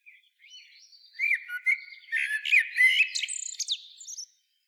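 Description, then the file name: Common blackbird singing a rich fluty warble that climbs into scratchy, high twittering notes at the end of the phrase. "Turdus merula"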